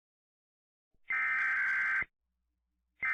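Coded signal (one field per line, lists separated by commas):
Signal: Emergency Alert System (SAME) tones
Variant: header bursts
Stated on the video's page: Fictional mock alert videos with valid tones, including Emergency Broadcast System recreations.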